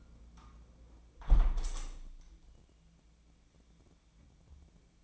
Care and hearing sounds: daily activity, microphone in the room; close window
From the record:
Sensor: 1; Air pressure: 1012.3 hPa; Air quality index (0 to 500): 168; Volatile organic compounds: 3 ppm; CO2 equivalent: 1372 ppm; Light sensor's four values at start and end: 150/337/148/155 and 148/332/147/153

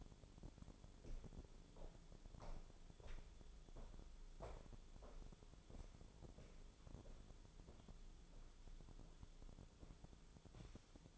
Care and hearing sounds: daily activity, microphone in the room; walk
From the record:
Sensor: 5

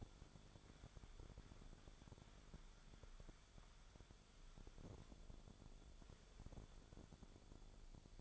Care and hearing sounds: daily activity, microphone in the room; wipe stove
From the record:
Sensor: 5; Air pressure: 1015.2 hPa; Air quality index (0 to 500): 142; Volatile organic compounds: 3 ppm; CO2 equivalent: 1532 ppm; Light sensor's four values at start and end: 35/83/34/35 and 35/82/34/35

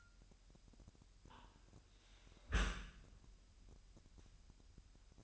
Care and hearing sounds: daily activity, microphone in the room; close dishwasher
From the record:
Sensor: 2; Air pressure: 998.0 hPa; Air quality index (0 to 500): 148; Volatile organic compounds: 4 ppm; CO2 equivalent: 1680 ppm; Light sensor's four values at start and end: 10/29/11/11 and 10/29/11/11

